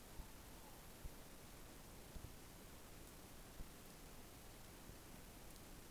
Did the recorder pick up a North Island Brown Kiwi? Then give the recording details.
no. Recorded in New Zealand on 12 February 2013. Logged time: 22:59. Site DH65